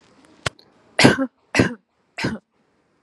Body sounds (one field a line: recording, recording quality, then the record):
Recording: shallow voluntary cough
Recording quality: excellent, no background noise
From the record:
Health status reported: COVID-19 positive, no symptoms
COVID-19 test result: positive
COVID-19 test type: RT-PCR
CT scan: not taken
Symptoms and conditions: none ticked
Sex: female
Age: 25 years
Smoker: no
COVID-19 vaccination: both doses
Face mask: not worn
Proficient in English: yes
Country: India